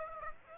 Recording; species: mosquito wingbeat signal from an infrared sensor; Aedes aegypti